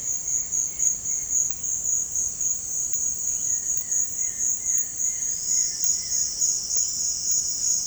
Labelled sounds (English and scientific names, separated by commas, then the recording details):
White-shouldered Antbird (Akletos melanoceps)
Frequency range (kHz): White-shouldered Antbird (Akletos melanoceps) 1.2-2.8 kHz
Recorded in dense forest near Puerto Asís, Putumayo, Colombia, on 20 February 2024 at 07:00
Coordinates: 0.487, -76.319
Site G6403